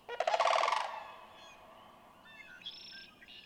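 Sandhill crane giving one rolling, rattled call at the start, followed by faint high whistles from other birds.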